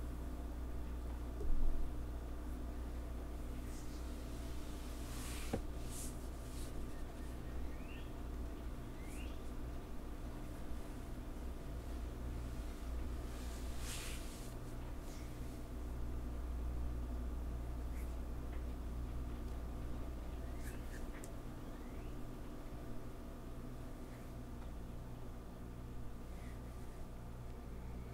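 Hair play and a back scratch and massage, heard as soft brushing and scratching strokes that come and go over a low, steady hum. A few brighter scratchy bursts stand out around five and fourteen seconds, with a sharper knock near the start.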